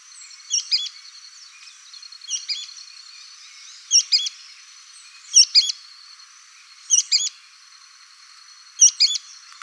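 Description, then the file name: Sooty-fronted spinetail singing a crisp, high-pitched double note, repeated six times at intervals of roughly one and a half to two seconds, with a faint continuous whine behind. "canto do petrim"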